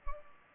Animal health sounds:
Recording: mosquito wingbeat signal from an infrared sensor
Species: Culex pipiens

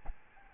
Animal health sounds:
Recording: mosquito wingbeat signal from an infrared sensor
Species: Aedes albopictus

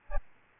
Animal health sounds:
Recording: mosquito wingbeat signal from an infrared sensor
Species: Aedes albopictus

